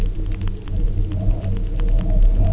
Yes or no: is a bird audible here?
no